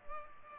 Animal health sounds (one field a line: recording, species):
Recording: mosquito wingbeat signal from an infrared sensor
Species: Culex pipiens